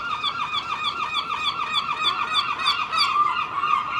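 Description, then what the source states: Gulls calling in a fast run of harsh, nasal yelping notes, almost without pause. Seagulls recorded early morning in Filey, April 2023, from a second storey window with Clippy microphones and a Roland R-07.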